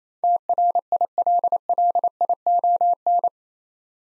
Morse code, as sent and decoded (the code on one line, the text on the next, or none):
- .-. .. .-.. .-.. .. --- -.
TRILLION